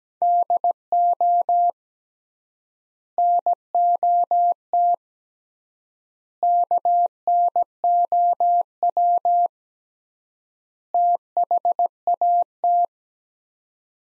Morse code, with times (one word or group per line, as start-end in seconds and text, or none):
0.2-1.7 DO
3.2-4.9 NOT
6.4-9.5 KNOW
10.9-12.9 THAT